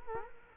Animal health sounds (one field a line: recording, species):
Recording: mosquito wingbeat signal from an infrared sensor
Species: Culex quinquefasciatus